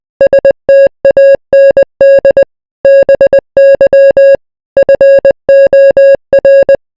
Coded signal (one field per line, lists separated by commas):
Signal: Morse code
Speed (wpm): 20 wpm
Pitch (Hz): 550 Hz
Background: music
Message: STAND BY FOR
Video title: the royal empire morse code